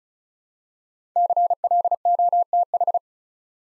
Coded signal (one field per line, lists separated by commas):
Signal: Morse code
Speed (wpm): 36 wpm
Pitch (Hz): 700 Hz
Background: none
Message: CLOTH